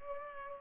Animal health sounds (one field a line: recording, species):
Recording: mosquito wingbeat signal from an infrared sensor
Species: Culex pipiens